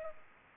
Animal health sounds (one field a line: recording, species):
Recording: mosquito wingbeat signal from an infrared sensor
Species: Culex pipiens